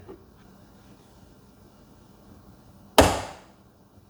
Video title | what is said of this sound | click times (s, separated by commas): Aftermarket Parts For Breville Barista Express - How To Install Crema Coffee Steam Lever | All right, so you will hear a click sound, and now this thing is in. | 3.0 s